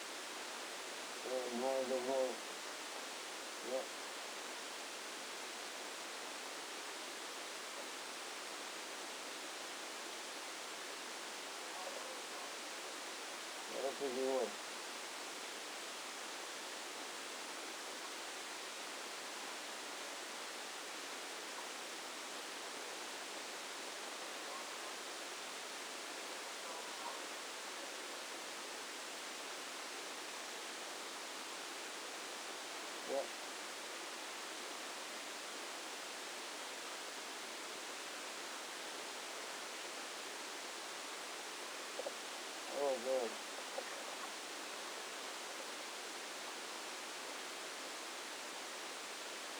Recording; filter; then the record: brain microelectrode recording played as sound; spike band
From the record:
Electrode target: subthalamic nucleus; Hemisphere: left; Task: reaching with the right hand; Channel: 2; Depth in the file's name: 2.977 mm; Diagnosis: Parkinson's disease